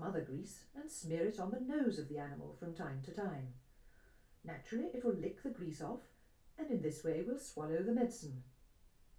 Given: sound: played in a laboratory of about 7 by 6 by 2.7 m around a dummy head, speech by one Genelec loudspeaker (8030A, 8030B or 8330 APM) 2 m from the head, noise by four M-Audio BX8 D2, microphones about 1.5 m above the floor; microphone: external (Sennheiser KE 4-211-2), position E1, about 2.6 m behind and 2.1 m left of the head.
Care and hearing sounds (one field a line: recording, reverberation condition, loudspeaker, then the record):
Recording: female speech in English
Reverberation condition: low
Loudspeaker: 90 degrees to the left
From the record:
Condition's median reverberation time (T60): about 310 ms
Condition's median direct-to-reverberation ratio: about 3.5 dB